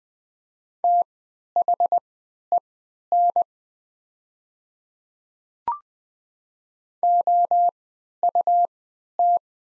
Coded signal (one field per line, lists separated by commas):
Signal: Morse code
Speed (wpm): 20 wpm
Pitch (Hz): 700 Hz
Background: none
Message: THEN OUT